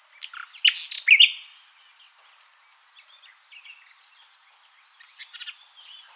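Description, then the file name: Common nightingale song phrases: a loud burst of sharp chirps and rising whistles, a quiet pause with soft notes, then a fast rattling series at the end. "Luscinia megarhynchos"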